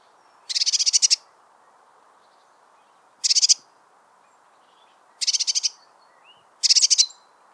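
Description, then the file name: Eurasian blue tit giving four short scolding churrs, each a fast buzzy rattle, spaced about one to three seconds apart. "Cyanistes caeruleus"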